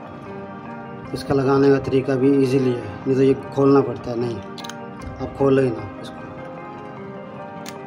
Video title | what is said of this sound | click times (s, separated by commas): How to Complete Solar Panel Wiring & Load Test - Inverter AC, Refrigerator, Fans - Part 2 | ये लग गया sir बस इसको टाइट लॉक हो गया लॉक हो गया | 7.7 s